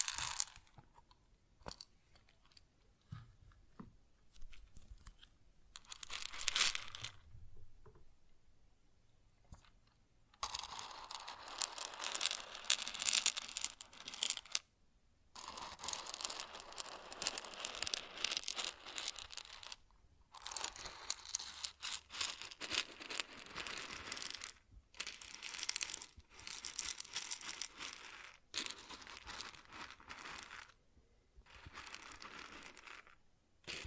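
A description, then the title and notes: Grain pours and rustles in dense, gritty bursts, crunchy and bright with a crinkling texture. Pours last a few seconds each and are broken by short silences, one longer gap near six to ten seconds, then near-continuous handling from ten seconds to the end. ASMR Grain Sounds (No Talking).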